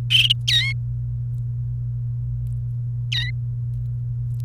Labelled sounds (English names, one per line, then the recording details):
Domestic Canary song
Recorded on 28 April 2018 at 14:12
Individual llb3